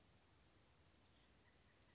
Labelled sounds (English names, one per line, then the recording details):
Oak Titmouse
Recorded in Sonoma County, California